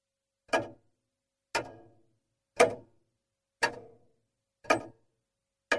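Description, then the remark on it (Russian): A pendulum floor clock in the spacious room of Elizaveta Zagorskaya's apartment ticks steadily, about once per second, each sharp wooden tock followed by a brief ringing decay. Six beats in all, with silence between them and no voices. “Напольные часы маятником отсчитывали время, заполняя тишину просторного помещения.”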